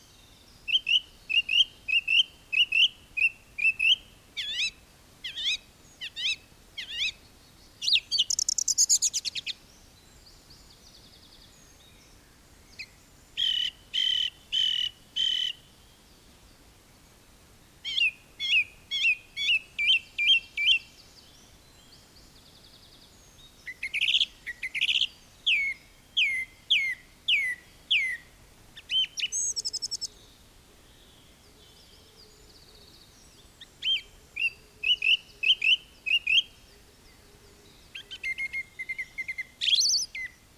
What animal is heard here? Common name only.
Song Thrush